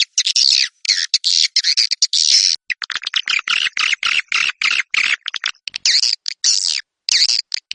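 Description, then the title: Swiftlet chirping calls: dense bursts of harsh, buzzy chirps, at first run together and then broken into quick separate notes with short gaps, all high-pitched. "Suara Burung Wallet"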